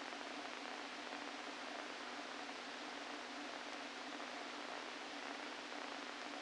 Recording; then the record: brain microelectrode recording played as sound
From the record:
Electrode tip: inside the subthalamic nucleus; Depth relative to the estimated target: 1 mm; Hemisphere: left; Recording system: NeuroSet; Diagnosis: Parkinson's disease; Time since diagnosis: 13 years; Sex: male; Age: 49 years